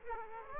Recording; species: mosquito wingbeat signal from an infrared sensor; Aedes aegypti